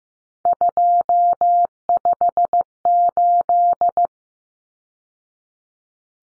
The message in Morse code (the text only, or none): 258